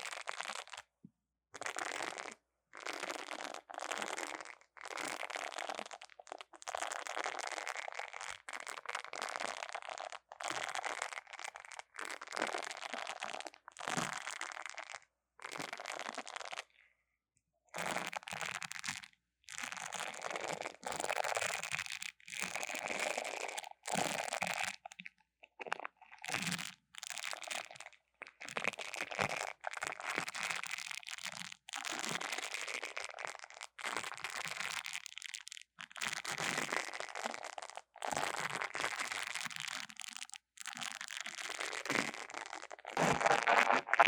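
Scratching and tapping on a mini mic, a dense, crackly, crinkling texture that runs in bursts of a second or two, broken by brief silent gaps. The sound is bright and papery with little low end, and it keeps going at a fairly even level throughout.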